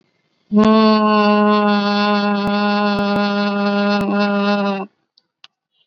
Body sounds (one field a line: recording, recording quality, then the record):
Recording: sustained vowel as in boot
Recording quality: poor, much background noise or distortion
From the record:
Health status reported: COVID-19 positive, mild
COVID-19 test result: positive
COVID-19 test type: RT-PCR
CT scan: not taken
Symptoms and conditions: cough, fever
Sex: female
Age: 65 years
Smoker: no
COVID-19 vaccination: both doses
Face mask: worn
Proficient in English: yes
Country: India